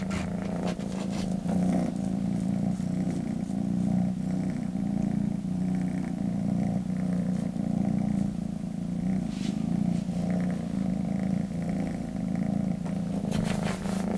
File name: kissa kehraa